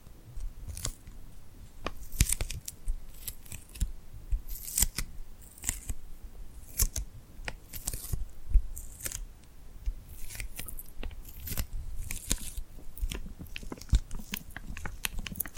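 Tingly hand sounds made with glued hands: a dense, irregular run of short, crisp sticky crackles and peels, several per second, bright and snappy. A soft low rumble sits underneath, with the level staying fairly even across all sixteen seconds.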